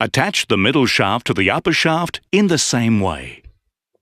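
A Minelab X-TERRA 705 metal detector's middle shaft is being handled to attach to its upper shaft, where its spring-loaded pin goes into the adjustment hole. Someone talks for most of the clip, then it falls quiet. Nothing has seated or clicked yet.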